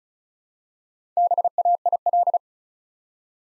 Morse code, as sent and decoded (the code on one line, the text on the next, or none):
-... .- .. .-..
BAIL